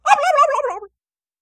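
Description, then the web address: Turkey gobble, a single rapid bubbling burst of warbled notes that falls slightly in pitch over under a second, then silence. Barnyard turkey. "animals barnyard|turkey"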